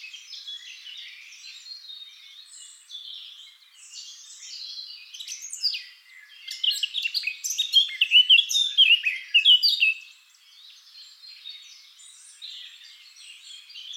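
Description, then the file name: Eurasian blackcap singing: soft jumbled warble that builds into a loud, rapid chattering phrase midway, then drops back to quiet twittering. "Sylvia atricapilla"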